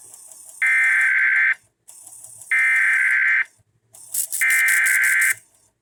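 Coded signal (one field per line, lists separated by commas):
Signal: Emergency Alert System (SAME) tones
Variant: header bursts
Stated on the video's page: EAS test tones from April 2023.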